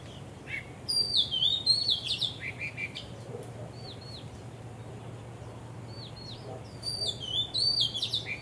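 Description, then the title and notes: Bird singing in high, rapid, swooping whistled notes, with one phrase early and another near the end, and faint scattered chirps in the quieter middle. Birds singing vigorously at Wu Kai Sha, Hong Kong, on 15 December 2006; recorded with AKG condenser microphones in XY stereo. "香港 烏溪沙 雀鳥勁唱歌 Date: 15 December 2006"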